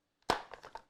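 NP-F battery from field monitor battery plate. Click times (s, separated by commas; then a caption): 0.3 s. With the release button on the back of a Desview R7 7-inch DSLR field monitor held in, an NP-F battery is freed from its battery plate. A sharp click or clack sounds at 0.3 s, followed by softer clacks at 0.5, 0.7 and 0.8 s. The battery unlatches and comes free.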